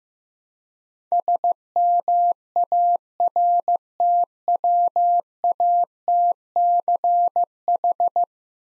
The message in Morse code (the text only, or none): SMARTWATCH